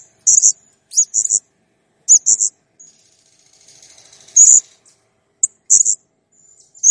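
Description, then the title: Blue-crowned hanging parrot chirps: sharp high squeaks in pairs, with a brief buzzy rattling passage in the middle before more shrill notes. Training recording used to teach songbirds to sing (masteran), described as a clear, vocally active bird. "Masteran Burung Serindit Ll Masteran Serindit Gacor Jernih"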